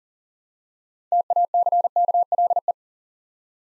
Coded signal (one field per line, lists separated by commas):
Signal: Morse code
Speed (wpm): 38 wpm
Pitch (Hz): 700 Hz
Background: none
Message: TACKLE